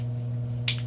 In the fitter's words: And then you fold the arms down, and they snap into place